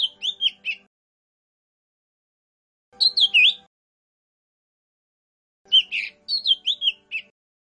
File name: cucak hijau mini. omkicau